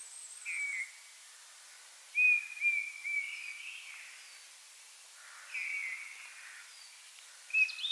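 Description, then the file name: Eurasian bullfinch calls: soft, piping whistles at irregular intervals over a steady hiss of background noise. "Pyrrhula pyrrhula"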